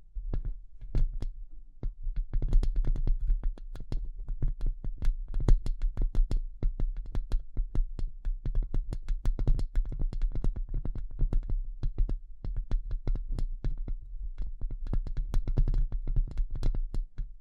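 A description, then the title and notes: Delicate tapping comes in rapid, irregular clusters of light, sharp clicks, continuing densely throughout over a steady low hum underneath. ASMR Delicate Tapping (No Talking).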